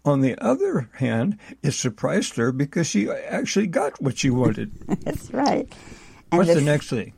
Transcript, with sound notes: On the other hand, it surprised her because she actually got what she wanted.
(laughs) That's right. And the-
What's the next thing?